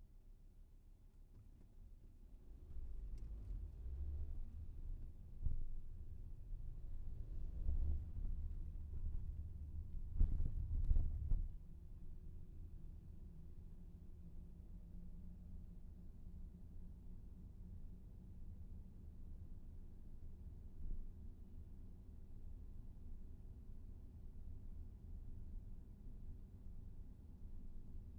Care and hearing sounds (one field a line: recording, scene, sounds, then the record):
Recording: everyday scene through a hearing-aid microphone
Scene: in a vehicle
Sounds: engine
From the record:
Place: VW T5 Caravelle, diesel engine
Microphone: behind the ear, left, front